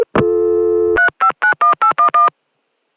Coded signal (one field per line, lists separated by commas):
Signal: DTMF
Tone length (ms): 110 ms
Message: 3591811